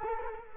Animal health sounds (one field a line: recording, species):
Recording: mosquito wingbeat signal from an infrared sensor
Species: Culex quinquefasciatus